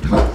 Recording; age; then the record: pig call; growing-finishing pig (85 days or more)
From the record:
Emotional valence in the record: positive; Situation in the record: run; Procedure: transit